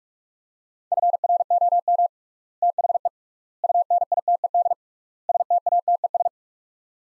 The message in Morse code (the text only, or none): FROM THE UNITED STATES